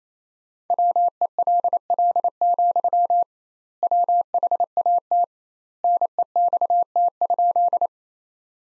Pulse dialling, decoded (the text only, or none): none